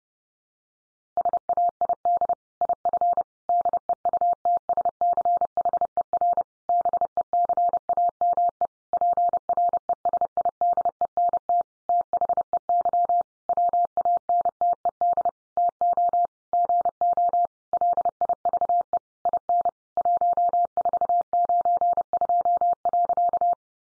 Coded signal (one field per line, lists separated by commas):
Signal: Morse code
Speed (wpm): 28 wpm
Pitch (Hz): 700 Hz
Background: none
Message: SAID IF DEUTSCHER BECAME PRESIDENT THEY WANTED TO GO LIVE IN 1492.